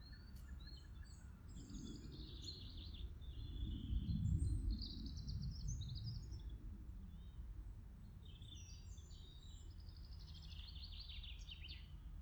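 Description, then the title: Forest birds twittering, high chirps and short trills over a continuous deep rumble that swells midway. "voegel im wald"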